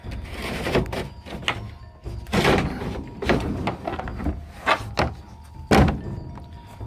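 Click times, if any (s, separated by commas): none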